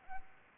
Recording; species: mosquito wingbeat signal from an infrared sensor; Aedes albopictus